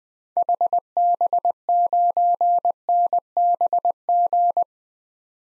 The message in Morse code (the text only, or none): HB9NBG